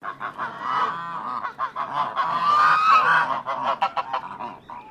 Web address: Sound Effects-Foundation 1 BIRD GEESE CHINESE HONK